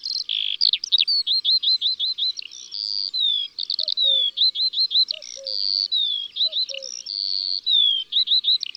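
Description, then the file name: Eurasian skylark song, a continuous run of high, rapid warbled trills and chirps with repeated buzzy phrases; a lower two-note call sounds three times midway. In the countryside. "Alouette des champs Chants d'oiseaux dans la campagne"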